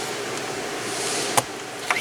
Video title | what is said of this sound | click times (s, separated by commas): 2015 Genesis G80, Multifunction Switch Replacement and Incorrect Purge Flow Diagnosis | okay you heard that it clicks | 1.4 s, 1.9 s